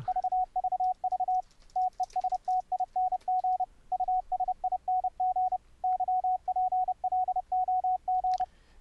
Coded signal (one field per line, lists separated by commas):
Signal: Morse code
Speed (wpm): 30 wpm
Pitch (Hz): 740 Hz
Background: radio noise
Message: VVV TESTING USING YPLOG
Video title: SOFTWARE CW KEYBOARDs - review of 5 morse code programs